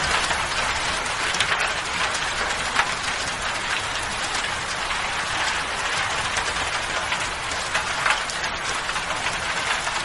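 Natural rainfall, falling steadily and densely for the whole stretch, a bright hiss of countless drops with faint low rumble beneath. Occasional sharper drop impacts stand out briefly, around the second, third and eighth seconds, without breaking the even wash.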